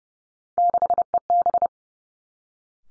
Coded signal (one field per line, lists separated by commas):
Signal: Morse code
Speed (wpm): 31 wpm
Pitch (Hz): 700 Hz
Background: none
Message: 6EB